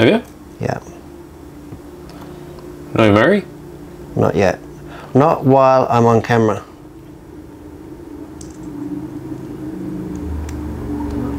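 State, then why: Seated. A plastic gear differential part is pressed by hand into the differential case of a Yokomo Rookie Off-Road RO1.0 2WD buggy during the kit build. Someone talks over a low background hum, then a small click is heard at 10.5 s as the part seats. It takes no more force than that.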